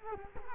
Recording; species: mosquito wingbeat signal from an infrared sensor; Culex quinquefasciatus